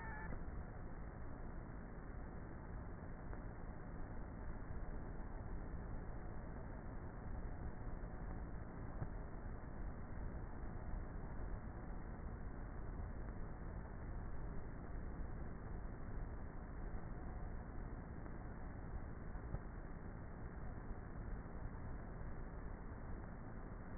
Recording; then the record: honeybee colony, microphone inside the hive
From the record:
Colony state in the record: queenless with a low population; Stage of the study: before two queens were removed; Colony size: about 30,000 bees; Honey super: no